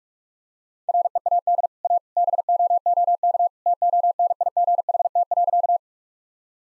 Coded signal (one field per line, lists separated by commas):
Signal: Morse code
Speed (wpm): 46 wpm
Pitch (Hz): 700 Hz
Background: none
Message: READ A BOOK TONIGHT.